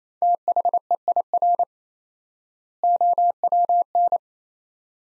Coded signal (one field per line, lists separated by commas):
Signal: Morse code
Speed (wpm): 28 wpm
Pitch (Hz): 700 Hz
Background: none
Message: THEIR OWN